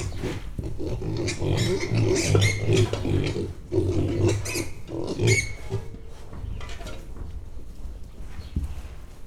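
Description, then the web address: Mangalica piglets grunting and squealing, a busy run of overlapping rough grunts with occasional higher squeals, fading toward the end with scattered knocks. Premium Mangalica piglets, 10 weeks old, squealing at a metal bowl, recorded at Hortobágy National Park, April 2013. "allathangok hortobagyinemzetipark 2013 premium mangalica 10 hetesek visitas femtal 2013 aprilis"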